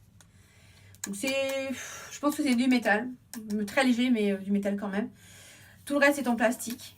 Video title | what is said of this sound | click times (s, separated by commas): petit haul YvesRocher | qui se clipse tic c'est | 0.2 s